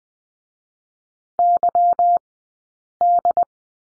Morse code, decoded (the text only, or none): Y D